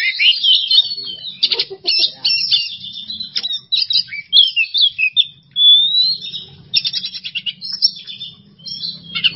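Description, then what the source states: Oriental magpie-robin singing a lively mix of chirps, trills and clear whistles, with one long level whistle in the middle and rapid stuttering notes afterward. Masteran training recording for songbirds, kacer singing 'bongkar isian emosi' style: fired-up, showing off its full repertoire of fill-in phrases.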